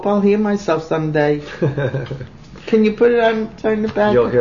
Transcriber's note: chuckles